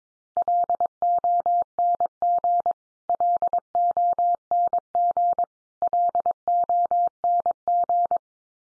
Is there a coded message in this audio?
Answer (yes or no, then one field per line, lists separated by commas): yes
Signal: Morse code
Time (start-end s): 0.4-8.2 s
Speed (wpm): 22 wpm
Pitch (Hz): 700 Hz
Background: none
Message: LONG LONG LONG